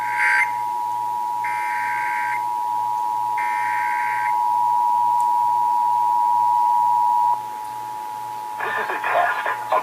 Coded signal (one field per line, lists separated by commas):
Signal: Emergency Alert System (SAME) tones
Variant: 853 and 960 Hz attention tone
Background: speech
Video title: (EAS #1,072-1,078) June 2026 Texas Required Monthly Test